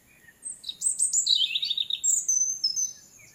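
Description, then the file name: European robin song: a rapid, varied run of thin, high warbling and trilling phrases, some sliding down, over faint background hiss. "Erithacus rubecula"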